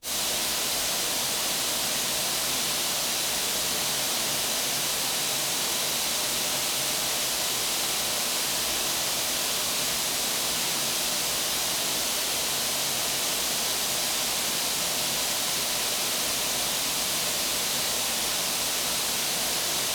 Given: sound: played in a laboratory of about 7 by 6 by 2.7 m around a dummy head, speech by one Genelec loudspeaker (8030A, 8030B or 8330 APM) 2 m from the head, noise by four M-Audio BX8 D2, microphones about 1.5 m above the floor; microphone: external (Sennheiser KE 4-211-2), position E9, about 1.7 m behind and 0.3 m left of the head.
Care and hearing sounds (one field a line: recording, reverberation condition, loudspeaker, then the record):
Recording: white noise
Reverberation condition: high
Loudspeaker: four, about 170 cm from the corners of the room and facing them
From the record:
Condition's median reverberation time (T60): about 1300 ms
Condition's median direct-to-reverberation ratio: about -4.0 dB